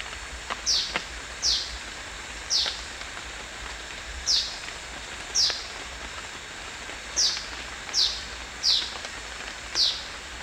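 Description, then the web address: Scaly-crowned babbler giving short, high, downslurred notes, repeated irregularly several times, over steady background hiss. Recorded at Danum, Borneo, dated 1 January 2008. "DANUM 20080101. scaly-crowned babbler"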